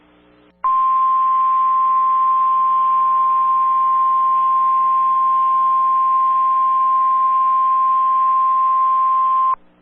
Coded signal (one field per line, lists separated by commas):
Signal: Emergency Alert System (SAME) tones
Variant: 1050 Hz attention tone